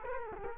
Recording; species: mosquito wingbeat signal from an infrared sensor; Culex quinquefasciatus